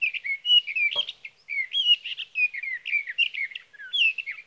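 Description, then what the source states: Sage thrasher song, a dense flowing warble of varied slurred notes with hardly any pause, plus a brief click near one second. Male singing through the night near his night roost, evening of June 12 to morning of June 15, 2018, Sierra Valley, California; night song, recorded with a Swift recorder.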